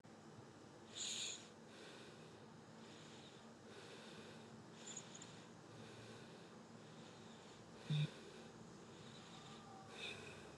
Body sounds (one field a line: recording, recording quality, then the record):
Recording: shallow breathing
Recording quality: moderate, slight background noise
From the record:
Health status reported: COVID-19 positive, mild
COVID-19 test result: positive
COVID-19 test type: RT-PCR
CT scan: not taken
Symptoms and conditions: cough, cold, sore throat, fever, fatigue, muscle pain, loss of smell and taste, asthma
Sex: female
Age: 25 years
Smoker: no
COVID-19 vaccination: both doses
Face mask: not worn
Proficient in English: yes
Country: India